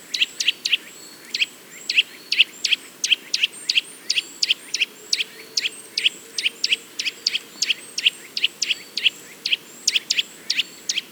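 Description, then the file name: Eurasian nuthatch giving a dense, irregular stream of sharp high call notes, several per second, over a low constant hiss. "Sitta europaea"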